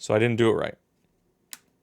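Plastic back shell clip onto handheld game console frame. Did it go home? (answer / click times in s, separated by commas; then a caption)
yes / 1.5 s. Someone talks, then a little pressure on the gapped top edge of a plastic back shell snaps its clip onto a Nintendo Switch Lite handheld game console frame. A single sharp click is heard at 1.5 s, and the shell is seated with the gap closed.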